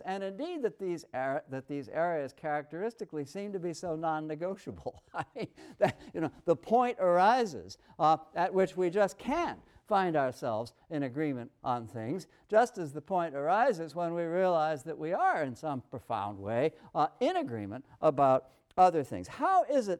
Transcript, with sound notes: and indeed that these areas characteristically seem to be so nonnegotiable? [laughs] The point arises at which we just can't find ourselves in agreement on things just as the point arises when we realize that we are in some profound way in agreement about other things.